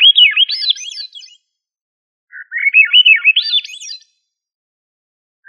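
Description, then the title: Thrush song: the end of one climbing phrase of quick, arching whistled notes, then after a brief pause a full phrase starting low and ending high. Family Turdidae; called sabiá. "Familia Turdidae - Sabia"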